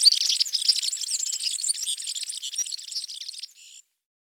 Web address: serin song